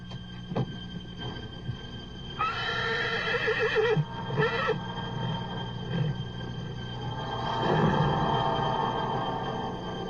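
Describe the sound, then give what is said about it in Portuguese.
A blind racehorse lets out a loud, shaky whinny with a wavering high pitch, followed by a shorter second neigh and softer snorting, over a low rumbling background. “Faça o que quiser, mas não aposta nesse cavalo.”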